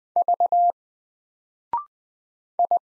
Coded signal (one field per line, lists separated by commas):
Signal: Morse code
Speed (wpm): 20 wpm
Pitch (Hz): 700 Hz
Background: none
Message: V I